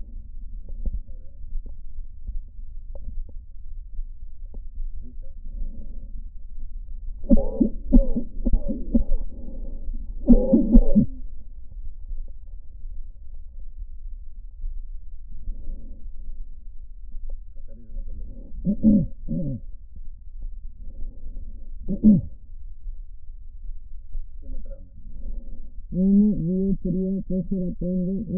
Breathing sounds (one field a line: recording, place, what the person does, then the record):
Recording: lung sounds by stethoscope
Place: trachea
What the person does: quiet breathing, then cough and speech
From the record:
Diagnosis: pulmonary infection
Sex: female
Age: 74 years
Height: 160 cm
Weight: 66 kg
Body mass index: 25.8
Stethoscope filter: diaphragm mode